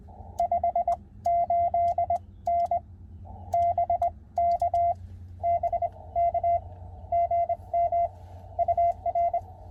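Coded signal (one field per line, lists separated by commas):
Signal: Morse code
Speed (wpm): 21 wpm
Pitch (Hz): 690 Hz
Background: none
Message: 58N BK BK GM UR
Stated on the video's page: CW Parks on the Air activation at a state park.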